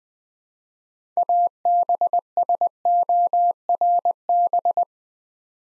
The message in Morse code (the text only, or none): ABSORB